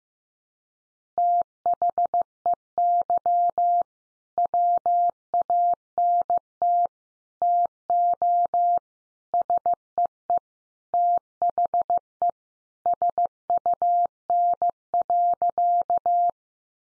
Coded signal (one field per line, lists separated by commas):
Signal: Morse code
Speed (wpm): 15 wpm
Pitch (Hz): 700 Hz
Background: none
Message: THEY WANT TO SEE THE SUN.